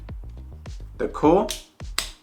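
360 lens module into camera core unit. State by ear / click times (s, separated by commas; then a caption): seated / 2.0 s. A 1-inch 360 lens module for an Insta360 ONE RS 1-Inch 360 Edition is pushed onto the camera core unit and locks in place with one strong, sharp click at 2.0 s. Background music plays underneath with repeated light ticks, and someone talks briefly in the middle. The module is seated.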